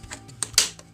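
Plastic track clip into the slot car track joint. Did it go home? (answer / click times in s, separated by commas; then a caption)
yes / 0.4 s, 0.6 s. Plastic locking clips are pressed under the joints of a slot car track, one clip fitted into a joint slot. Two sharp snaps are heard at 0.4 s and 0.6 s, the second louder and brighter, as the clips lock into place. The clips are seated.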